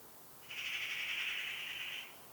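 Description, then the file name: Eurasian magpie uttering a single long, hoarse, hissing screech lasting about a second and a half against a quiet background. "Pica pica"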